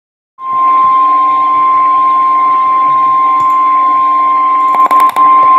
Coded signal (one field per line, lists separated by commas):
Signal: Emergency Alert System (SAME) tones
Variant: 1050 Hz attention tone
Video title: EAS #34